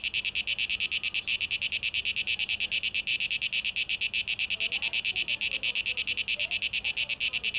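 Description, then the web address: Cicada song: a harsh, sizzling buzz throbbing at a fast even beat, with quiet chirps faintly behind it. Recorded 12 August 2023; tape echo mix. "rauschpartikel Audio 2023-08-12 Zikaden"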